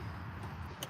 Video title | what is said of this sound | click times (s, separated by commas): 2006 - 2012 Hyundai sonata GLS front caliper and brake flex line repair! Seized caliper repair! | So anyway, this pops right in here like this. | 0.8 s